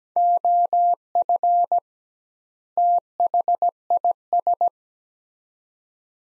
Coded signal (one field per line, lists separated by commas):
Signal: Morse code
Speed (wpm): 17 wpm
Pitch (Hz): 700 Hz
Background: none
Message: OF THIS